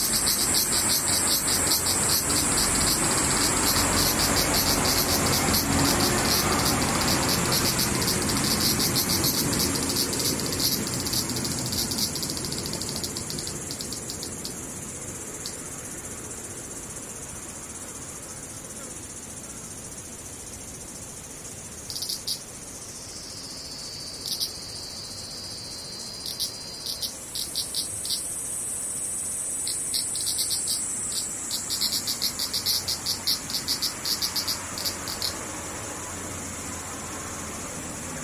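Cicadas buzz in a dense, steady high drone, with a low rumble passing early on and brief chirping bursts between about 22 and 35 seconds.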